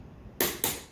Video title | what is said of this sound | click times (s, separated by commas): 0426 Living Room Blinds: Installed (aLL bY mYseLf) + Hard Kombucha attempt | you heard it two snaps and a little clip thing | 0.4 s, 0.6 s